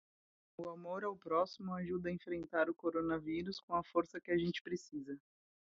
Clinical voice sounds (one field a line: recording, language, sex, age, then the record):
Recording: spoken sentence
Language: Brazilian Portuguese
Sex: female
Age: 30 to 39 years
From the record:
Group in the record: control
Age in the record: 33 years